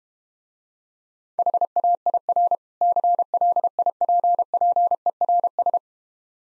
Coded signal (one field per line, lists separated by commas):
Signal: Morse code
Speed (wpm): 32 wpm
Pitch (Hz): 700 Hz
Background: none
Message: HAIR CLIPPERS